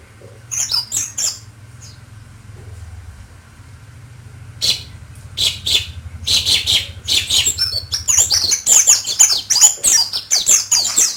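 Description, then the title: White-eye with a few scattered high chirps, then from midway a building stream of rapid twittering notes, over a faint low hum. Pleci 'Mr. Kebo', Malang, East Java. "Pleci Mr. Kebo Malang - Jawa Timur"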